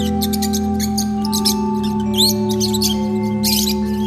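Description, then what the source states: Lovebirds chattering with shrill, squeaky high chirps, calls overlapping in busy bursts over a steady low humming drone. Lovebirds, used for audio therapy.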